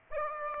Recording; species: mosquito wingbeat signal from an infrared sensor; Aedes aegypti